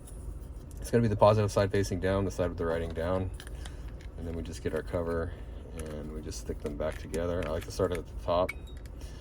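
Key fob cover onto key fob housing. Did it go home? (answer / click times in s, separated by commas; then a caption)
no / none. After a battery replacement on a 2021–2026 Kia K5 remote key fob, with the battery's positive, written side facing down, the plastic cover is being pressed onto the fob housing, starting at the top and working down. Someone talks over faint handling sounds. Nothing has snapped or seated yet.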